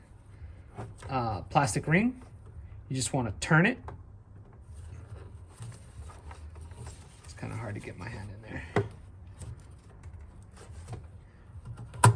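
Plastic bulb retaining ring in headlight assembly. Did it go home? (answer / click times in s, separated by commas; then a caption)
released / 12.0 s. In a Hellcat's headlight assembly, the white plastic retaining ring on the HID bulb is twisted to the left while someone talks, with a few faint handling sounds along the way. The ring clicks free with a sharp click at 12.0 s, releasing it so the bulb can be removed.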